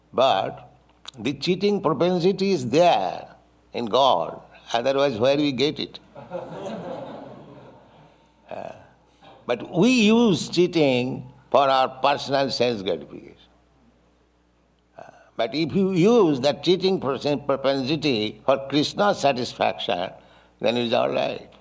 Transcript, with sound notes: But the cheating propensity is there in God. Otherwise where we get it? [laughter] But we use cheating for our personal sense gratification. But if you use that cheating propensity for Kṛṣṇa's satisfaction, then it is all right.